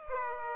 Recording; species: mosquito wingbeat signal from an infrared sensor; Aedes aegypti